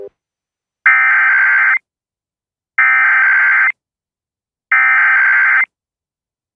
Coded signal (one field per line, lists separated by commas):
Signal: Emergency Alert System (SAME) tones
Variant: header bursts